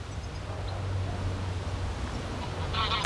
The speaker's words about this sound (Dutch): Ik liet de ganzen nog een beetje gakken.